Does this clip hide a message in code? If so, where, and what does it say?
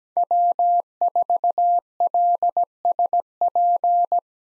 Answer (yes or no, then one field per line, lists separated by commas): yes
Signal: Morse code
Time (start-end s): 0.2-4.2 s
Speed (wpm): 17 wpm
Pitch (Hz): 700 Hz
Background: none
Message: W4LSP